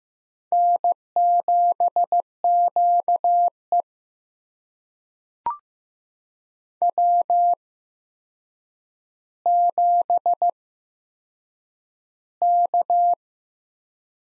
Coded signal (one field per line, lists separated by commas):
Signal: Morse code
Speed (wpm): 15 wpm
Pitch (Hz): 700 Hz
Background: none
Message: N7QE W7K